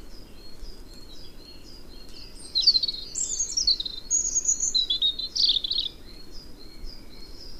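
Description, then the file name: European robin singing a tumbling run of high, sweet warbled and whistled phrases that rise and fall, with soft, thin notes before and after. "Erithacus rubecula"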